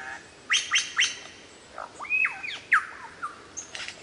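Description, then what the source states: Lyrebird song, a few sharp repeated notes followed by looping, swooping whistles and slurred calls. Song variations.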